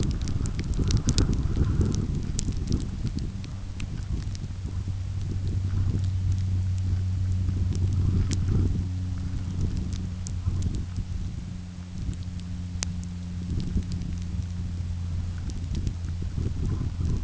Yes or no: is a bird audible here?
no